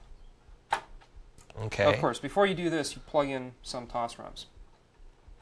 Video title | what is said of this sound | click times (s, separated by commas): Gemulator Demo Video Part #1 | and you'll hear it click into place | 0.7 s